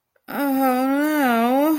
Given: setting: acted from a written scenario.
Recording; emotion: vocal sound without words; disappointment